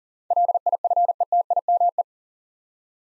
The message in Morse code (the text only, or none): LIFETIME